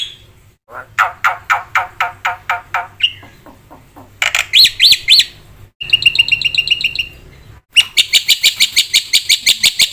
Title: Burung Jalak Putih Gacor Full Isian Cepat Untuk PANCINGAN Dan MASTERAN